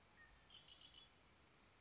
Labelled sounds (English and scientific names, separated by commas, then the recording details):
Red-winged Blackbird (Agelaius phoeniceus)
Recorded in Sonoma County, California